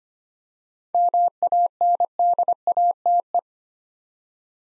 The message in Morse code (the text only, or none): MANDATE